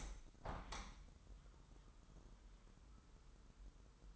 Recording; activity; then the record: daily activity, microphone in the room; open window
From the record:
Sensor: 3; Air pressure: 998.5 hPa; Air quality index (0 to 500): 156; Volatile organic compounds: 6 ppm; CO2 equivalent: 1876 ppm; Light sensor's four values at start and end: 14/35/15/16 and 15/35/15/16